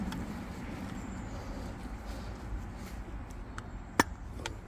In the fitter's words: there we are nice click on it